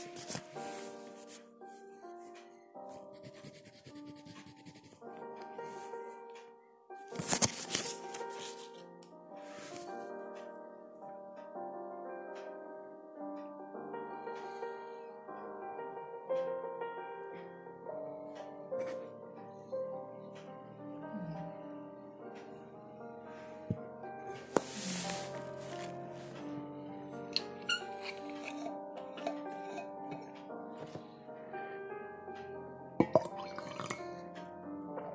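Soft K-pop piano plays throughout, a steady flow of held and overlapping notes in the middle range. Brief rustling bursts of page turning cut in near 7 and 25 seconds, with small taps and scratches scattered over the music.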